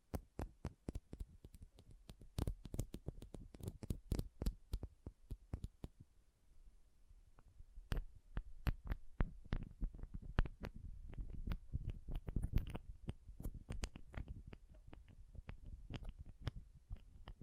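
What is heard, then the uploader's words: Pom poms crackle and tap in a dense, uneven stream of sharp clicks and soft low thumps, pausing briefly around six seconds. ASMR Ultimate Pom Pom Tingles (No Talking).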